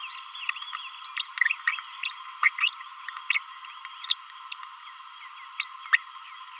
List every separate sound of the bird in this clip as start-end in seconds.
0.73-0.77, 1.05-1.08, 1.67-1.75, 2.43-2.49, 2.59-2.72, 3.30-3.38, 4.06-4.16, 5.60-5.65, 5.93-5.97